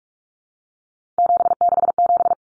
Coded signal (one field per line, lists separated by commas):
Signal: Morse code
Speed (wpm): 44 wpm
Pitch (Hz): 700 Hz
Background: none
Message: 767